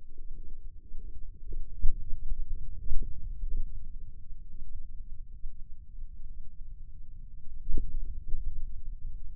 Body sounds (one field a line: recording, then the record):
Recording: forearm muscle sounds (acoustic myography)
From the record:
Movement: hand opening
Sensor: system 2, bracelet of six BSWA MPA416 microphones around the upper forearm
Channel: 2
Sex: male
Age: 22 years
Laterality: right